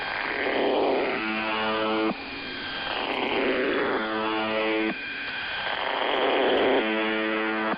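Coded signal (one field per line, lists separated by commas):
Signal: channel marker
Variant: UVB-76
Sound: three short, low, harsh buzzes about 2.8 seconds apart over hissing radio static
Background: radio static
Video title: [Old Recording] The Buzzer/UVB-76 Weird Sound Transmission 01/07/2023 16:11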